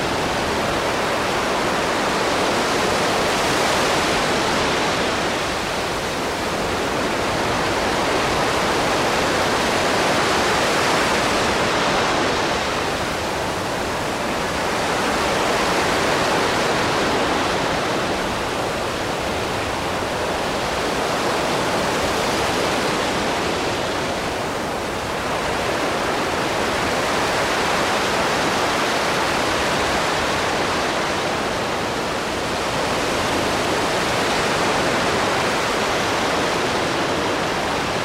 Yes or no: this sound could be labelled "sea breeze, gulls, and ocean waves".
yes